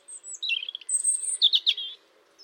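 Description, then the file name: European robin song: thin, high whistled notes, then a brighter jumble of rapid twittering trills. "Erithacus rubecula"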